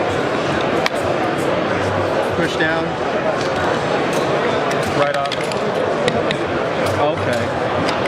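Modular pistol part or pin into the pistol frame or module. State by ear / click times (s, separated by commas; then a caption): seated / 6.1 s, 6.3 s. At a trade show booth, a modular pistol part or pin is pushed by hand into the pistol frame or module while someone talks over steady crowd noise. It snaps into place with sharp clicks at 6.1 s and 6.3 s, and the part is seated.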